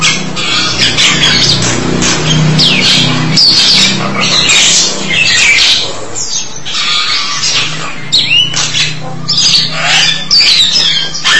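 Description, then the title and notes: Starling song: a continuous jumble of harsh squawks, chattering notes and brief whistles, with a low steady hum beneath. "suara burung jalak"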